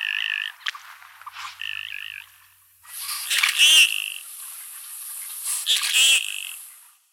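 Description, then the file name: Common goldeneye calls, short doubled nasal notes near the start, followed by loud rushing noise with sharper nasal notes at about four and six seconds. "telkka"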